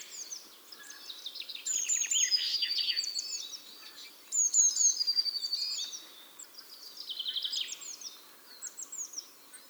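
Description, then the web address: Eurasian blue tit song: separate bursts of thin, high, descending notes, each run ending in a quick rattling trill, over a soft background hiss. "SETE data Cyanistes caeruleus"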